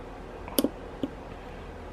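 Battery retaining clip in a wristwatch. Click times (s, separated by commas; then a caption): 0.6 s. A metal battery retaining clip in a Casio G-SHOCK GA-110HR wristwatch is pressed down over a newly fitted coin cell to lock it. A sharp click at 0.6 s stands out over a soft quiet background, with fainter ticks around 0.5 s, 0.6 s and 1.0 s. The clip snaps locked and seats at 0.6 s.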